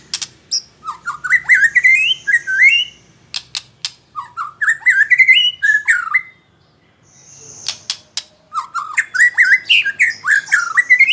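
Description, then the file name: White-rumped shama singing loud, varied whistled phrases that climb and swoop, interleaved with quick dry clicks, in three bursts separated by brief pauses. Female bird. "murai batu betina"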